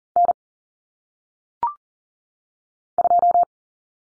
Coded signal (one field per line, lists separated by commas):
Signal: Morse code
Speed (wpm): 39 wpm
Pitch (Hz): 700 Hz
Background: none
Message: N 2